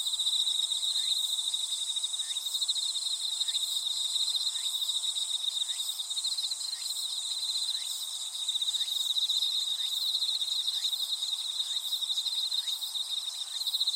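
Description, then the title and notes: Insects trilling steadily in a high pulsing band, with a second insect adding short rising chirps roughly every second over the continuous background. Insects calling in a grassy thicket. "草むらにいる虫の声"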